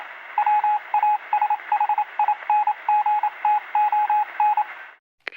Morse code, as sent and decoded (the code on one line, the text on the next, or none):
.-- .- ... .... .. -. --. - --- -.
WASHINGTON